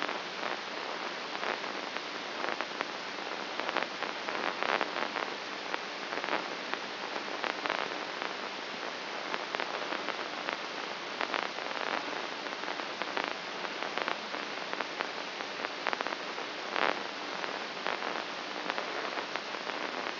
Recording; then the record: brain microelectrode recording played as sound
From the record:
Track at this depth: inside the subthalamic nucleus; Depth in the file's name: 3.232 mm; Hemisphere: left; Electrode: 3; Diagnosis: Parkinson's disease